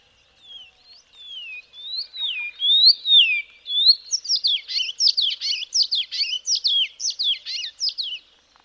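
Karoo scrub robin song: slurred descending whistles that build into a fast, jumbled series of scratchy, warbled notes, loud and continuous.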